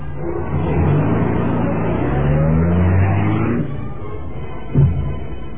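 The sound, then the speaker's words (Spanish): A luxurious black car's engine rumbles steadily as it drives in through a large steel gate, rising in a low revving swell before settling, followed by a brief soft thump near the end. “Después de sonar el claxon, la gran puerta se abría dando paso al lujoso auto negro.”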